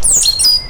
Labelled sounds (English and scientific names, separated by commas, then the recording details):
Stitchbird (Notiomystis cincta) song
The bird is a male
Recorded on Tiritiri Matangi Island, New Zealand, in 2005
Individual 12, of nest box 16